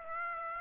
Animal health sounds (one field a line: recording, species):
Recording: mosquito wingbeat signal from an infrared sensor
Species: Aedes aegypti